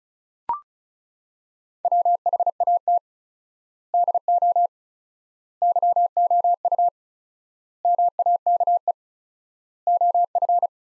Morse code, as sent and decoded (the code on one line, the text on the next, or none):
.-- .... .- - / -.. --- / -.-- --- ..- / -- .- -.- . / --- ..-.
WHAT DO YOU MAKE OF